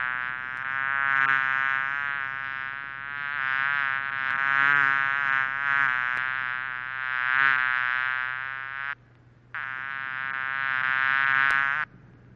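Bee giving a sustained buzzy drone, stopping briefly once before the hum returns, then cutting off just before the end.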